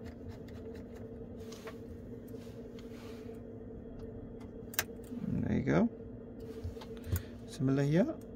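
A flex cable connector is handled over its mainboard socket during reassembly of a Samsung S23 Ultra phone being fixed for not charging. Someone talks over faint ticks and a sharp tap, but nothing has seated or clicked yet.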